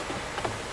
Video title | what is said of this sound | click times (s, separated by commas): Replace The Air & Cabin Filter 2009-2015 Honda Pilot | goes inside the glove box there to push it in and you hear a lock in place like that | 0.4 s